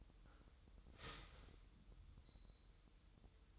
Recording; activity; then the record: daily activity, microphone in the room; start toaster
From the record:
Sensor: 3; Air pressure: 988.6 hPa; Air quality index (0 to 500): 196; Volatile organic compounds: 316 ppm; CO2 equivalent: 4517 ppm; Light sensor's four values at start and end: 23/72/30/26 and 23/72/30/26